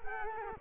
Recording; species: mosquito wingbeat signal from an infrared sensor; Culex quinquefasciatus